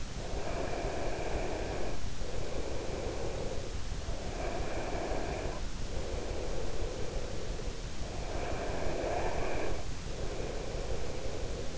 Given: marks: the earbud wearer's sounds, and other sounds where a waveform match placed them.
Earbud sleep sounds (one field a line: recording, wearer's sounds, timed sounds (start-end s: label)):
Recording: sounds in sleep by an in-ear microphone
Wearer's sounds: breath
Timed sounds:
0.16-11.78 s: breath